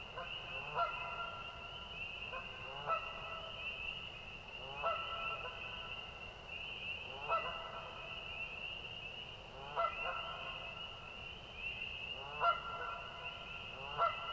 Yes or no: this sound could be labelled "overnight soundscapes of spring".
yes